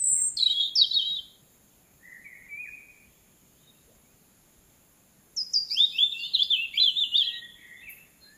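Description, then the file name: European robin singing two phrases: a sharp, high descending flourish, a quiet wavering note, then after a pause a rapid, fluttering high trill. "Erithacus rubecula"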